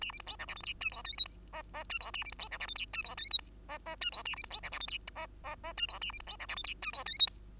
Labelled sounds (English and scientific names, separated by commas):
Bengalese Finch (Lonchura striata domestica) song